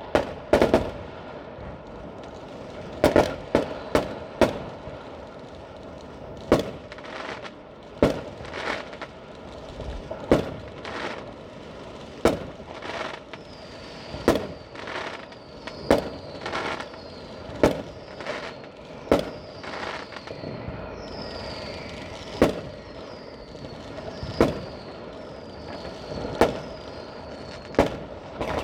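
New Year's Eve fireworks crack and bang in sharp bursts every second or two across the whole clip, some louder single booms, some quick clusters. A low steady rumble fills the background, and from about 14 seconds thin whistling rockets rise repeatedly between the blasts.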